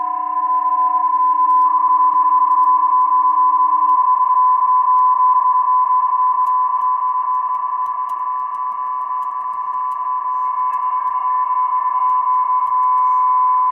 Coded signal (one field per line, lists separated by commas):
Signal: PSK31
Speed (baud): 31.25 baud